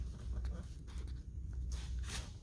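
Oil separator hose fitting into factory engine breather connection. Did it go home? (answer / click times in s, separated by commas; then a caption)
no / none. A JLT oil separator hose's quick-connect fitting is being pulled together by hand onto the factory PCV engine breather connection on a 2020 Ford Explorer 2.3 EcoBoost. Soft rustling handling noises sit over a steady low hum, with a brief sharp tick at the very end. The fitting has not snapped into place yet; nothing has seated.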